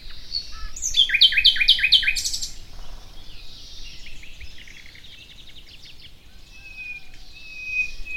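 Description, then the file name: Common nightingale sings a loud phrase of rapid repeated chirps, then softer warbling. "Luscinia megarhynchos"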